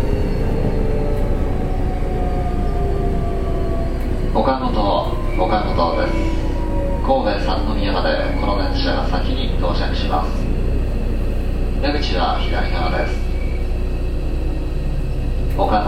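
A local train runs with a steady low rumble and faint tonal whine, while voices speak in bursts from about four seconds onward.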